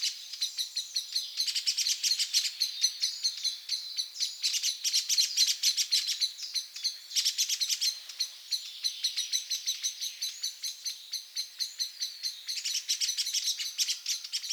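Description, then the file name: Eurasian blackbird giving repeated bursts of fast rattling clicks, interspersed with high twittering, continuing through the whole stretch. "Turdus merula"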